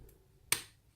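A #4 challenge padlock is being picked, and when the last pin sets on pin number 1, the shackle springs open from the lock body with a single sharp snap at 0.5 s. A faint tick comes earlier in the otherwise quiet clip, and the snap fades quickly before the shackle is left released.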